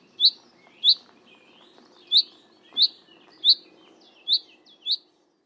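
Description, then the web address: Bird calls: several sharp, high chirps at irregular intervals, over a faint low hum. "Bird Only"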